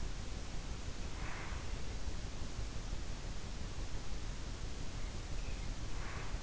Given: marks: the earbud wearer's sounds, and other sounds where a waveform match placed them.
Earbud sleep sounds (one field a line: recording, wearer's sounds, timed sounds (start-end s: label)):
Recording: sounds in sleep by an in-ear microphone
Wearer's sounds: breath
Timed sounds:
1.13-1.78 s: breath
5.72-6.43 s: breath